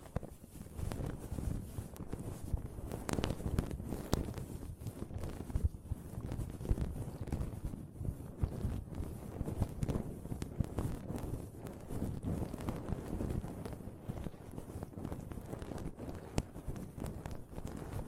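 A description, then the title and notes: Pom poms are rubbed and squeezed in a continuous, dense rustle that stays low and soft for the whole stretch. Quick crackling taps and brushing strokes come every fraction of a second at an uneven pace, with a few sharper snaps standing out. ASMR Ultimate Pom Pom Tingles (No Talking).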